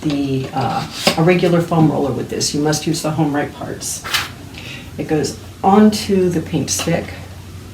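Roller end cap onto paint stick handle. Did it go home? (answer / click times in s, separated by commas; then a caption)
no / none. A plastic roller end cap for a HomeRight PaintStick EZ-Twist ceiling painter is handled as the roller cover is fitted onto the paint stick handle, with faint handling noises under someone talking. The end piece has not seated or clicked yet.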